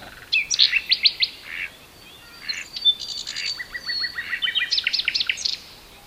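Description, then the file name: Common nightingale singing varied phrases: sharp repeated notes, then quieter mixed notes, and a rapid series of chirps near the end. "Luscinia megarhynchos"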